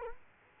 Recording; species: mosquito wingbeat signal from an infrared sensor; Culex quinquefasciatus